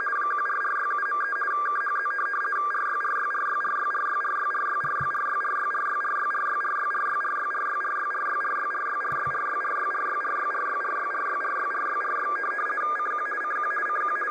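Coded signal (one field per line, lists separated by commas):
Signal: RTTY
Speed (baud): 50 baud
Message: 14467.3 KHZ RYRYRYRYRYRYRYRYRYRYRYRYRYRYRYRYRYRYRYRYRYRYRYRYRYRYRYRYRYRYRYRY CQ CQ CQ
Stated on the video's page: Received on a Tecsun S-2200x with an end-fed antenna and internal loop.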